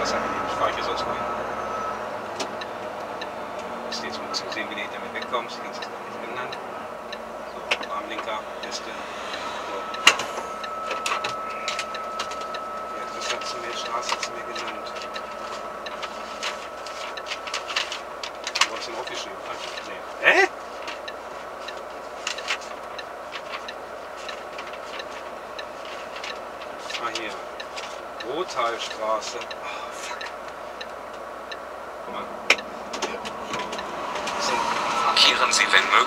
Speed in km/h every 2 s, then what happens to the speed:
20, 17, 12, 5, 0, 0, 0, 0, 0, 0, 0, 0, 0, 0, 0, 0, 0, 5.
0-7 slows to 0. 7-33 standing.